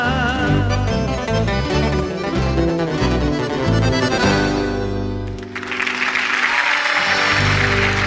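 A lively accordion-driven chamamé folk tune plays, then ends, and a burst of audience applause for the performers follows: dense, steady clapping that fills the last few seconds on its own.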